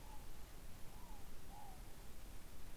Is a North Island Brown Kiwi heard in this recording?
no